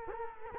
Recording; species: mosquito wingbeat signal from an infrared sensor; Culex quinquefasciatus